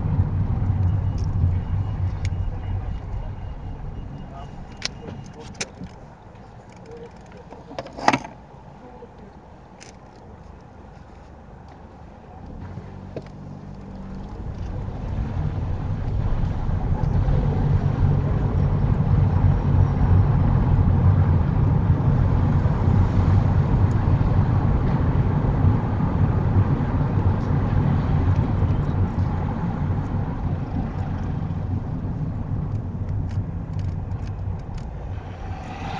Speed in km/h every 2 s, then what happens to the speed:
10, 3, 0, 0, 0, 0, 6, 18, 26, 31, 32, 34, 34, 32, 27, 21, 11, 2.
0-3 slows to 0. 3-11 standing. 11-21 pulls away to 34. 21-27 steady at about 34. 27-36 brakes to 2.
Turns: none.